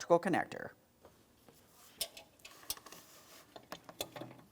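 Someone talks briefly while handling a plastic electrical connector going onto the base of a high beam bulb on a 2007-2014 GMC Sierra 2500 HD. Quiet fumbling follows, with short sharp ticks near 2.0, 2.7 and 4.0 seconds. Nothing has seated or clicked yet.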